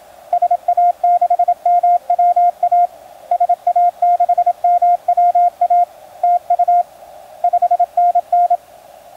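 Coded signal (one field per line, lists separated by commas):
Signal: Morse code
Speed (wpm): 24 wpm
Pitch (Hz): 700 Hz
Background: radio noise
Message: SA6MWA SA6MWA TU 5NN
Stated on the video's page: Amateur CW from a forest field outing using a Yaesu FT-817ND and straight key on battery power, practicing with a couple of QSOs.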